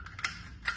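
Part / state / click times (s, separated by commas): shotgun barrel into receiver / seated / 0.2 s, 0.7 s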